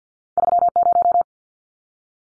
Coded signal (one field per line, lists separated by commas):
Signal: Morse code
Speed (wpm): 48 wpm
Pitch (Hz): 700 Hz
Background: none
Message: 30